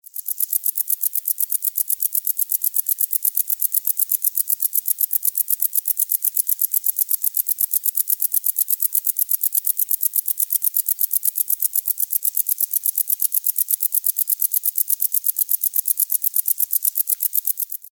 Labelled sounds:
Wartbiter
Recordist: Tembrock, Günter
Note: Laute

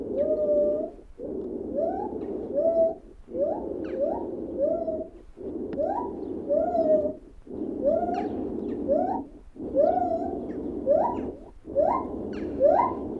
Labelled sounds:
Lar Gibbon
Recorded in captivity
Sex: pair
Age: adult
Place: Tierpark Berlin, Berlin, DE
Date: 1969-12-21
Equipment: Uher 4200 Report Stereo, Transistorverstärker II, Sennheiser MD 421, Doppelspuraufnahme
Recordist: Tembrock, Günter

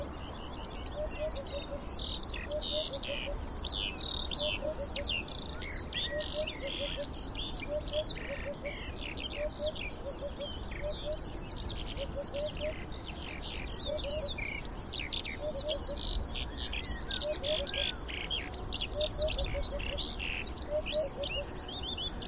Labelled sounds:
Eurasian Hoopoe
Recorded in the wild
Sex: male
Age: adult
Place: NSG Schönower Heide, Naturpark Barnim, Brandenburg, DE
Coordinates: 52.6822, 13.5053
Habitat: meadow
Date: 2011-05-14
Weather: cloudy, 15°C, almost no wind
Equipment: Sound Devices 702, Sennheiser MKH 70, Rycote Windschutz
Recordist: Frommolt, Karl-Heinz

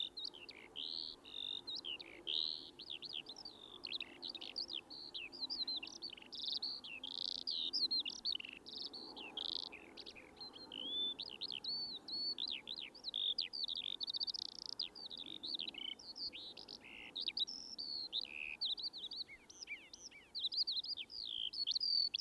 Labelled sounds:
Eurasian Skylark song
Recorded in the wild
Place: Michelstadt, OT Vielbrunn, Hessen, DE
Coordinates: 49.7139, 9.09778
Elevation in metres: 432
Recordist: Tretzel, Erwin
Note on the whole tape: Aufnahmedatum unbekannt, vermutlich Frühjahr 1976, Vielbrunn, Michelstadt: Gesang

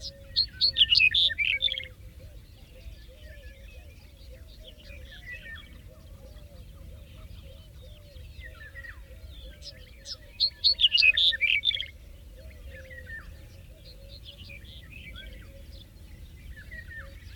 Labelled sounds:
Black-headed Bunting song
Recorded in the wild
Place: Ljubimez, Khaskovo, BG
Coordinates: 41.847, 26.086
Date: 1974-05-31
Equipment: Nagra III BH, Sennheiser MD 21, parabola
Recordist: Schubert, Michael

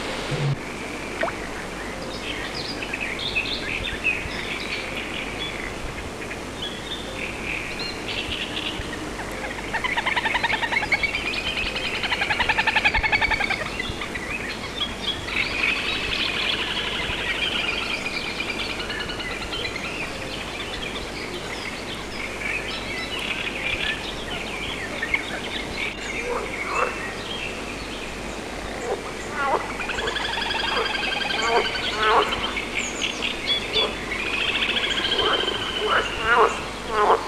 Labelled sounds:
Little Grebe call
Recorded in the wild
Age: adult
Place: Petershain, Niederlausitz, Sachsen, DE
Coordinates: 51.3167, 14.7514
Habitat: ponds
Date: 1963-06-10
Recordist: Meyer, Hugo

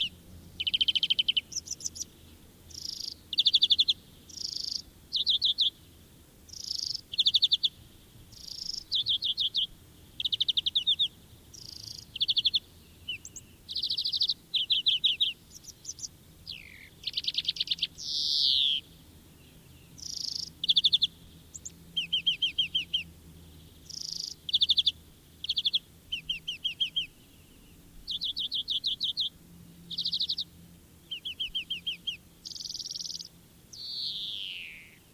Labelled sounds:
European Greenfinch song
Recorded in the wild
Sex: male
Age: adult
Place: Erlangen, Wehneltstraße, Bayern, DE
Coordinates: 49.5781, 11.0028
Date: 1964-04-09
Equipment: Vollspur
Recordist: Tretzel, Erwin
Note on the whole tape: Erlangen, Wehneltstraße, Männchen: Gesang

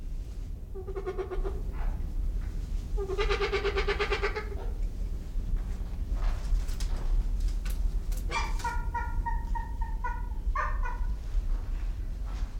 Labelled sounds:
Trumpeter Hornbill
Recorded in captivity
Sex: pair
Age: adult
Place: Zoo Berlin, Berlin, DE
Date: 1995-01-14 11:11
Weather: heiter bis wolkig, -1°C
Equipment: Marantz CP 430, Sennheiser ME 80, Kopie Uher Variocord 263
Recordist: Tembrock, Günter

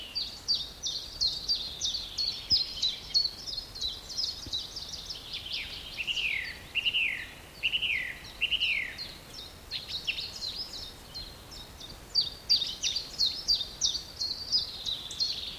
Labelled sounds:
Song Thrush song
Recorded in the wild
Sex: male
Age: adult
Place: Buckow (Märkische Schweiz), Märkische Schweiz, Brandenburg, DE
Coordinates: 52.5678, 14.1197
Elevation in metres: 30
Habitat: forest
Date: 1988-04-16 10:11
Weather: sunny, above 8°C
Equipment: Sony WM-D6C, Sony ECM-939 LT, Kopie 19 cm
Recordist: Tembrock, Günter

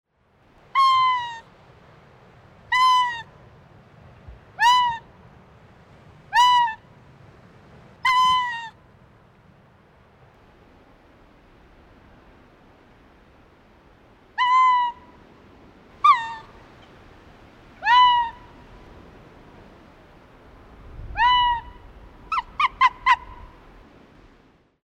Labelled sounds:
Arctic Fox
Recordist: Frommolt, Karl-Heinz
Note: Polarfuchs vertreibt Eindringling

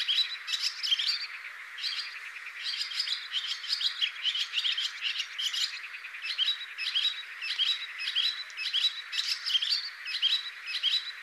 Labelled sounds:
Barn Swallow song
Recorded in the wild
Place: Damtschik/Wolgadelta, RU
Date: 2006-05-21
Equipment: MiniDisc Sharp MT 20 H
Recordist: Schwarz, Dieter
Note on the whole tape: Song

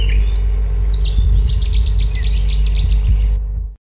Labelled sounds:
Cetti's Warbler song
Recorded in the wild
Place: Costa Brava, Katalonien, ES
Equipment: Halbspur, 9,5 cm/s
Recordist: Lütgens, Hans
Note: Gesang

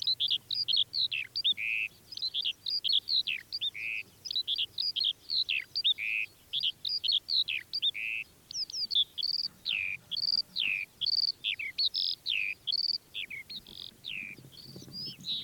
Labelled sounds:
Eurasian Skylark song
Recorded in the wild
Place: Chudjirt, MN
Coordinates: 47.013, 102.255
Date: 1979-06-06 20:15
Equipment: Nagra III BH, Sennheiser MD 21, parabola
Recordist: Schubert, Michael
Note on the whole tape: Fluggesang Feldlerche

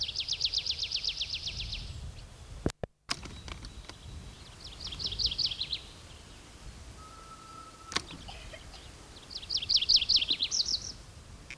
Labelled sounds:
Tree Pipit song
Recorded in the wild
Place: Montreux, Kanton Waadt, CH
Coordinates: 46.4314, 6.93778
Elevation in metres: 1051
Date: 1986-05-25
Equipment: Uher 4000 Report, Sennheiser MKH 815 T
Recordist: Tretzel, Erwin

